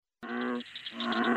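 American bullfrog giving a deep droning call with a brief break, then a second resonant drone.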